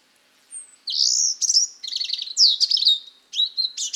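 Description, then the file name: European robin song, a continuous stream of high liquid notes, downslurred whistles and quick rattling trills changing every fraction of a second. "Erithacus rubecula"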